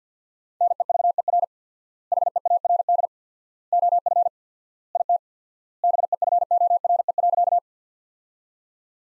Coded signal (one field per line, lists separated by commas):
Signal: Morse code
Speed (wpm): 50 wpm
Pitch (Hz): 700 Hz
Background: none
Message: NEVER HEARD OF IT BEFORE.